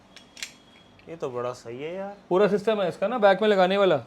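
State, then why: Seated. A rear wiper blade for a 2023 Fronx is fitted onto its plastic wiper arm and clicks as it locks in place at 0.4 s, following a smaller tick at 0.2 s. Someone then talks. The blade is seated on the arm.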